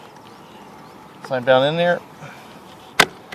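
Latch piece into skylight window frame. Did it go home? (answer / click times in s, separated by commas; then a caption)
yes / 3.0 s. The latch piece on an old-style Anderson skylight window is pushed down into its slot in the window frame so it hooks in. Someone talks briefly, then a sharp click at 3.0 s, followed by a faint tick at 3.3 s. The latch is locked into place.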